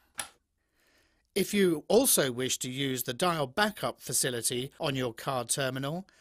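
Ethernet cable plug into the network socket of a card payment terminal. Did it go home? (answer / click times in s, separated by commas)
yes / 0.2 s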